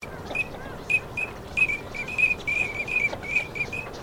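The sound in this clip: Teal giving short, high, whistled notes, repeated rapidly and unevenly, over constant noisy background rumble.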